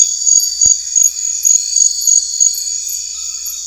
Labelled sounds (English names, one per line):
none